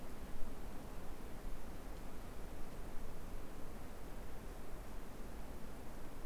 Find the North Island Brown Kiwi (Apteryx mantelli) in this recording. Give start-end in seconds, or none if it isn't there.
none